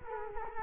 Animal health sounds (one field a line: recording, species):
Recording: mosquito wingbeat signal from an infrared sensor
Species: Culex quinquefasciatus